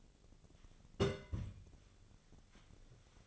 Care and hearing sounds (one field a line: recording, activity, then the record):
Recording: daily activity, microphone in the room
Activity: place on stove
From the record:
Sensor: 4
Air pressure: 1000.8 hPa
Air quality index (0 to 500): 127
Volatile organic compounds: 1 ppm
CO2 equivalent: 955 ppm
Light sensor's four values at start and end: 41/101/42/47 and 40/97/41/45